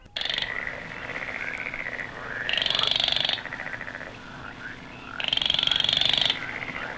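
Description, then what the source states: Crake giving dry, buzzy, frog-like rattles in three bursts about two and a half seconds apart. Cryptic wetland bird monitored in New Zealand swamps alongside the Australasian bittern; a tiny rail, a little bigger than a sparrow.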